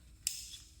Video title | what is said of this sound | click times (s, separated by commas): How to change spark plugs on 2016 Toyota Corolla | and need to be nice positive click from that wiring harness connector | 0.3 s